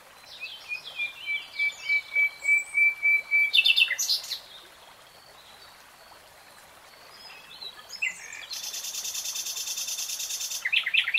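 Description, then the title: Nightingale song: a row of soft whistled notes on one pitch, a pause, then a long, harsh, rapidly pulsed trill. Nightingale singing, recorded in real time. "[Tiếng chim hót] 3 Hours REALTIME Nightingale Singing"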